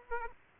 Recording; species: mosquito wingbeat signal from an infrared sensor; Aedes aegypti